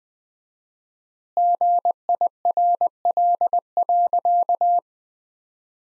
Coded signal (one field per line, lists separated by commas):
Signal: Morse code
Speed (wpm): 20 wpm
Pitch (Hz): 700 Hz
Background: none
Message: GIRL.